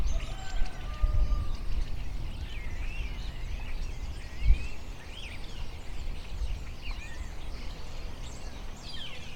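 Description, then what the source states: Birds give sliding whistles and chattering calls in a dense chorus, with a constant low engine rumble and a few thumps. Birds recorded together with a helicopter.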